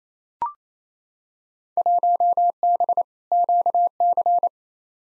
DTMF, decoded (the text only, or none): none